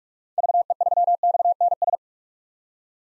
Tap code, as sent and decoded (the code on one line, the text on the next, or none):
none